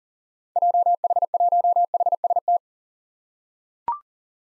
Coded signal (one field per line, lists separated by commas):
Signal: Morse code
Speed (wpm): 40 wpm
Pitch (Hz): 700 Hz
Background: none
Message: JH1HST